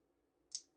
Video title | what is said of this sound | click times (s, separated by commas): Best Of Watches | audible click. | 0.6 s